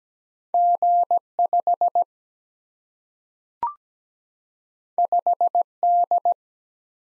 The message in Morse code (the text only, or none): G 5 5 D